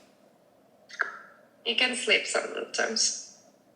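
The plastic purple cover of an at-home blood-collection device is handled as it is slid and pushed toward the foil circle, where it is meant to click into two notches on the side. A brief sharp sound comes at about 1.0 s, and someone talks through the rest of the clip. Nothing has seated or clicked into the notches yet.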